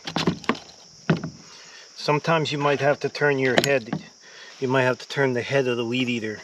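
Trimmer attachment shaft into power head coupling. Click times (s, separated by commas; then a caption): 0.5 s. The attachment tool's shaft is pushed into the slide coupling on the power head of a Wild Badger Power 26cc 4-in-1 weed eater, and the locking pin snaps in with a sharp click at 0.5 s, seating the attachment. Several more short knocks follow, and then someone talks, noting the head may need a slight turn to get it to snap in.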